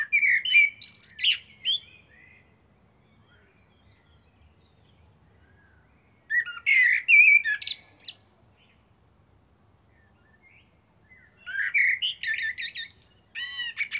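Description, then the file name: Eurasian blackbird singing three phrases of warbled, fluty whistles and high screechy twitters, with silent pauses of several seconds between them. "Turdus merula"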